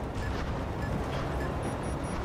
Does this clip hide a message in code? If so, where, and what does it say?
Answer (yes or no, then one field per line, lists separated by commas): no